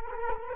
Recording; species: mosquito wingbeat signal from an infrared sensor; Culex quinquefasciatus